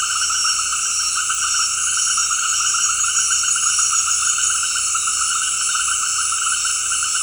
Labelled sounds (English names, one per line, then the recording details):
none
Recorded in dense forest near Puerto Asís, Putumayo, Colombia, on 19 February 2024 at 18:30
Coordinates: 0.485, -76.318
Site G6408